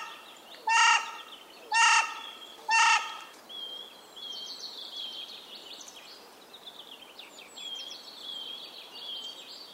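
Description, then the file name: Carrion crow cawing three times in steady succession, one harsh rasping call each second, followed by softer high whistles and chirps. "Corvus corone"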